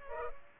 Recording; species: mosquito wingbeat signal from an infrared sensor; Culex pipiens